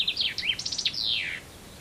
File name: Penkava Obecna